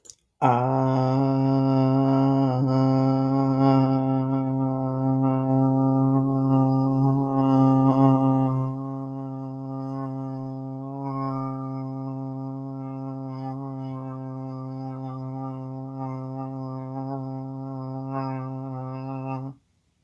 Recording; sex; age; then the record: vowel held as long as possible; male; 30 to 39 years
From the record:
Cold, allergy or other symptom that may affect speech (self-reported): no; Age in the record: 31 years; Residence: South Carolina, United States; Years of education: 21